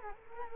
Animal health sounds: mosquito wingbeat signal from an infrared sensor; Culex quinquefasciatus

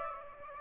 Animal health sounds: mosquito wingbeat signal from an infrared sensor; Aedes aegypti

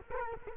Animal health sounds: mosquito wingbeat signal from an infrared sensor; Culex quinquefasciatus

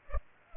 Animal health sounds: mosquito wingbeat signal from an infrared sensor; Culex pipiens

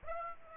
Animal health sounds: mosquito wingbeat signal from an infrared sensor; Aedes aegypti

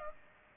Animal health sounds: mosquito wingbeat signal from an infrared sensor; Aedes aegypti

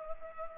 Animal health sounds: mosquito wingbeat signal from an infrared sensor; Culex pipiens

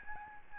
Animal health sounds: mosquito wingbeat signal from an infrared sensor; Aedes albopictus

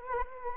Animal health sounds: mosquito wingbeat signal from an infrared sensor; Anopheles arabiensis

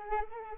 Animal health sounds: mosquito wingbeat signal from an infrared sensor; Anopheles arabiensis

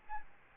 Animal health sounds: mosquito wingbeat signal from an infrared sensor; Aedes albopictus

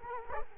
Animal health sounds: mosquito wingbeat signal from an infrared sensor; Culex quinquefasciatus

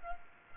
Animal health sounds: mosquito wingbeat signal from an infrared sensor; Culex pipiens

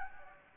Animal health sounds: mosquito wingbeat signal from an infrared sensor; Anopheles gambiae

